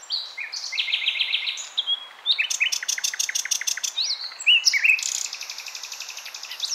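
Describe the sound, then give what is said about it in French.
A common nightingale sings a rich, varied song of sweet whistles, rapid trills and bursts of sharply repeated high notes, loud and continuous, with no voices over it. “Ou quelques rossignols, comme le rossignol philomèle.”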